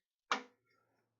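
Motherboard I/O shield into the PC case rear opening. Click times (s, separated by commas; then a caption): 0.3 s. A metal motherboard rear I/O shield is pushed into the PC case's rear opening, pressed at the corners until it pops right in. One loud, sharp click at 0.3 s rings briefly and fades, followed by faint small rattles. The shield is seated.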